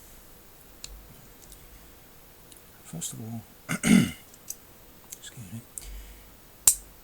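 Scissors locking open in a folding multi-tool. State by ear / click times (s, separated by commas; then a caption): seated / 6.7 s. The scissors on a Leatherman Wave folding multi-tool are opened until they lock in place. Someone talks between a few faint clicks and handling sounds, then a sharp click at 6.7 seconds is heard as the scissors lock open.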